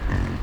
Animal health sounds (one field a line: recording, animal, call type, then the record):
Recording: contact call of a hoofed animal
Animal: wild boar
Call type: grunt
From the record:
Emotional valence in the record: positive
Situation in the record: food anticipation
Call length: 0.43 s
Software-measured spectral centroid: 1550 Hz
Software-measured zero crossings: 820 a second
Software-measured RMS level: -24 dBFS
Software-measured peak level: -11 dBFS